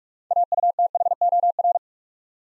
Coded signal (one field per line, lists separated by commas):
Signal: Morse code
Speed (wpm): 44 wpm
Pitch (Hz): 700 Hz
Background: none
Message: AUTHOR